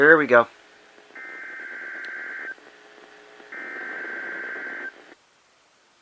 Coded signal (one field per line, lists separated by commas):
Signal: Emergency Alert System (SAME) tones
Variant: header bursts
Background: speech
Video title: EAS Capture #16